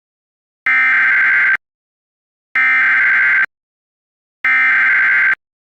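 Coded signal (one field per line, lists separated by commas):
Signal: Emergency Alert System (SAME) tones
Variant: header bursts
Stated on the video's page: Fictional EAS scenario about Pac-Man eating people.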